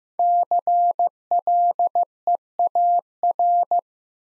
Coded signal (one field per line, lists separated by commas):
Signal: Morse code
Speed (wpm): 16 wpm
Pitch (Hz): 700 Hz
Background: none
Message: CLEAR